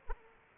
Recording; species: mosquito wingbeat signal from an infrared sensor; Aedes aegypti